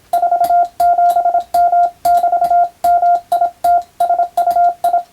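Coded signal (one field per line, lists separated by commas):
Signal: Morse code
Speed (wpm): 27 wpm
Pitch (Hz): 700 Hz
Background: none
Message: 47M<BT>MITSUI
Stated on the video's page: Morse code practice by a first-class radiotelegraph operator sending with a telegraph key, using a European-language telegram practice book.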